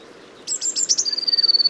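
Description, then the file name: Eurasian blue tit call, a few brief high notes running into a rapid level trill, with faint background hiss. "Cyanistes caeruleus"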